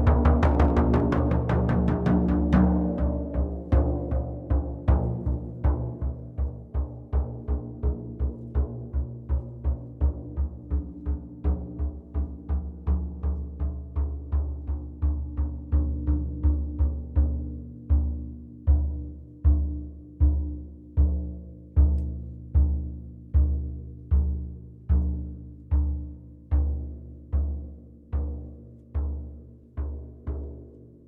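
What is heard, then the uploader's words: A sound bath of drums and singing bowls: a steady, even drumbeat strikes about twice a second, each hit crisp on top with a deep thump. Beneath it low ringing tones hum continuously, and the whole texture gradually softens over the half minute. Sound bath meditation using gongs, drums and Tibetan singing bowls.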